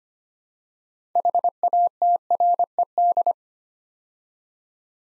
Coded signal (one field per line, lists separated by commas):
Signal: Morse code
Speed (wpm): 25 wpm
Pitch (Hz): 700 Hz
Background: none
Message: HATRED